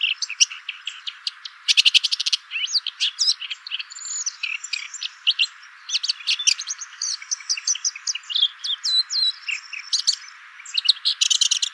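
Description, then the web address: Red-backed shrike producing fast rattling trills and scratchy twittering interspersed with short clear whistles, the phrases coming in uneven rapid bursts. "lanius collurio call"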